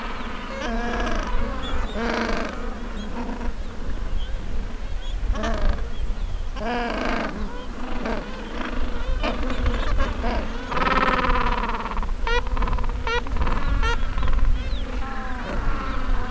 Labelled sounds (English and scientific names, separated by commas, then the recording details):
Gentoo Penguin (Pygoscelis papua)
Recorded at the colony at Sea Lion Island, on 19 December 2014
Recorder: Song Meter SM2+